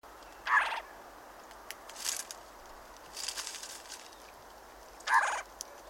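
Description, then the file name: Eurasian jay giving harsh, rasping screeches, several short noisy bursts spaced one to two seconds apart over a quiet background. "Garrulus glandarius"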